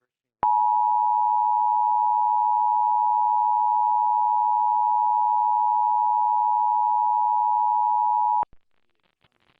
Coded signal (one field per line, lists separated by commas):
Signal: Emergency Alert System (SAME) tones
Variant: 853 and 960 Hz attention tone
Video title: Various Emergency Alert System (EAS) Tests - September 21-27, 2021